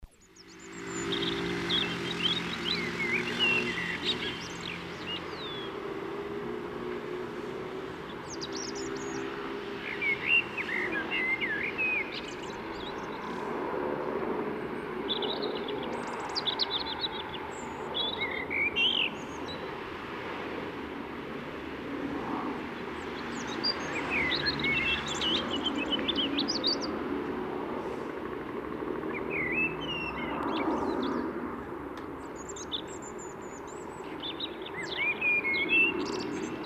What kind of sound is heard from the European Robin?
song